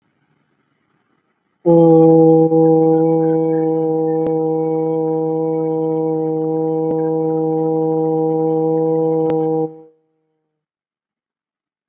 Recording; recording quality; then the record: sustained vowel as in boot; excellent, no background noise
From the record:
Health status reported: recovered from COVID-19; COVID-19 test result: positive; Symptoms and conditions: fatigue, loss of smell and taste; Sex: male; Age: 34 years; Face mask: not worn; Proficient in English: yes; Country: India